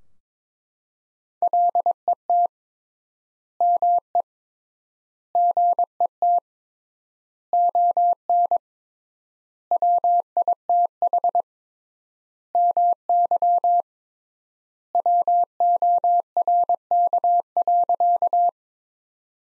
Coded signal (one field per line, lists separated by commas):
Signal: Morse code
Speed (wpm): 22 wpm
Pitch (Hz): 700 Hz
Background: none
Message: LET ME GET ON WITH MY WORK.